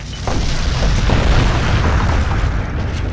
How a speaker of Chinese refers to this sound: 唐真人好似长了天生一张无往不利的乌鸦嘴，话音没落，便听一声巨响，酒楼塌了。